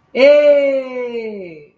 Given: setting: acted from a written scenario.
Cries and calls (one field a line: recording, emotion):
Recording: vocal sound without words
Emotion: pride